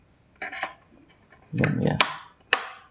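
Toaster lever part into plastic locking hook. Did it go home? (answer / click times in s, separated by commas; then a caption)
yes / 2.5 s. Someone talks briefly while a plastic lever part from a Kenwood toaster that would not turn on is pushed again into its plastic locking hook after a failed attempt, with some handling noise. At 2.5 s it snaps home with a sharp click. It is seated and can no longer be pulled out.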